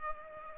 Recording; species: mosquito wingbeat signal from an infrared sensor; Culex pipiens